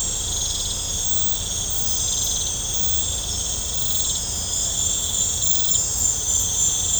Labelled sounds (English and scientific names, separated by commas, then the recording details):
none
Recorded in pastures near Puerto Asís, Putumayo, Colombia, on 18 December 2024 at 20:00
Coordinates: 0.502, -76.324
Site G077